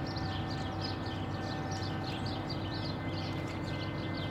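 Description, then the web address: Birds: lively chirping and twittering, partly masked by loud rumbling machinery with a steady humming tone. Birds outdoors mixed with construction machinery. "Lynne Music Birds-Construction-Machine"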